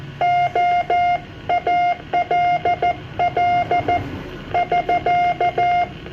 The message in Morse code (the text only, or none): OALL <SK>